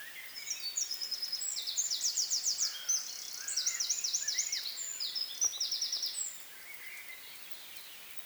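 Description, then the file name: Eurasian wren song, loud and very high, rattling through a fast series of trills and twitters for about six seconds before stopping, leaving only faint background hiss. "Troglodytes troglodytes"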